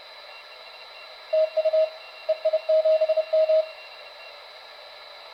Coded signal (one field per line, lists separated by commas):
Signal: Morse code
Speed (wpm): 30 wpm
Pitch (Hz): 630 Hz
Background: radio noise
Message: TU EI7M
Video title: TYT TH-9800 and home made oscilator for receiving CW + SSB + FT8, from UR5GAW